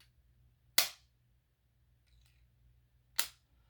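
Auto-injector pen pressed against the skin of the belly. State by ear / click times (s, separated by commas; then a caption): seated / 0.8 s, 3.2 s. A Mounjaro auto-injector pen pressed against the skin of the belly gives a sharp click at 0.8 s as the needle goes in, then, after a quiet wait over a low steady hum, a second sharp click at 3.2 s as the needle retracts. The two clicks confirm the dose is done.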